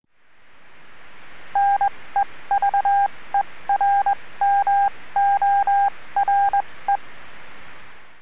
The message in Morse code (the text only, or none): NEVERMORE